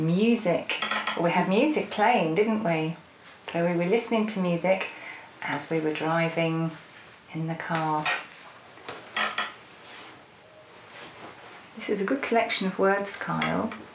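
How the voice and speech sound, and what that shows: One adult speaks clearly and fluently in an ordinary voice, with a long pause partway through; no speech disorder heard.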